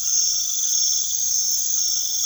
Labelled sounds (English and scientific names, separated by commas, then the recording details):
none
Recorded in secondary vegetation near Puerto Asís, Putumayo, Colombia, on 20 February 2024 at 01:30
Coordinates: 0.500, -76.326
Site G6428